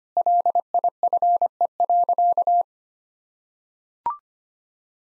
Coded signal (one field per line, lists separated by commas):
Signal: Morse code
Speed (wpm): 25 wpm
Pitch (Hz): 700 Hz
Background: none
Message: LIFE.